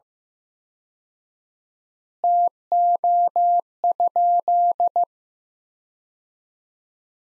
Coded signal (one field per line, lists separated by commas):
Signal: Morse code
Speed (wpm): 15 wpm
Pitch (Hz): 700 Hz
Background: none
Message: TO?